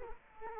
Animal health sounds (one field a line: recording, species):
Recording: mosquito wingbeat signal from an infrared sensor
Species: Culex quinquefasciatus